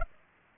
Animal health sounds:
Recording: mosquito wingbeat signal from an infrared sensor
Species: Aedes aegypti

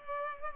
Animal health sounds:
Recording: mosquito wingbeat signal from an infrared sensor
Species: Culex pipiens

